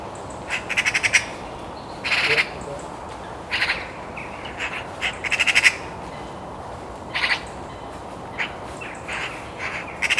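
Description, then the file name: Eurasian magpie calling with repeated harsh rattling chatters and rasping notes in irregular bursts throughout, each burst a quick series of dry clacks. "Pica pica"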